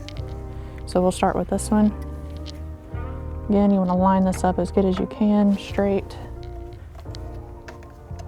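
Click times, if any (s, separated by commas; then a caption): none. A factory wiring harness connector is lined up straight by hand to be pushed onto the engine control unit of a 2025 Honda Civic Si, while someone talks over background music and faint handling ticks sound. Nothing has seated or clicked yet.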